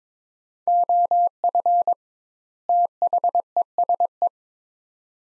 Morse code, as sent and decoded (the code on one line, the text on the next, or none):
--- ..-. / - .... . ... .
OF THESE